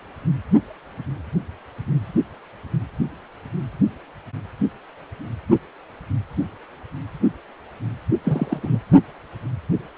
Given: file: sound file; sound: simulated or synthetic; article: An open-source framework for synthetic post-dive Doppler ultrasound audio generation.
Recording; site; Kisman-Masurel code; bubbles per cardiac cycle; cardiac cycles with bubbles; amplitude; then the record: Doppler ultrasound audio after a dive; precordial; 212; several, 3–8; 1–10%; moderate amplitude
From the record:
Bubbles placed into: partial cardiac cycles